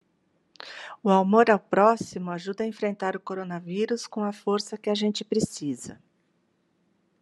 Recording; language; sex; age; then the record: spoken sentence; Brazilian Portuguese; female; 50 to 59 years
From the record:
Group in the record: control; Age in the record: 54 years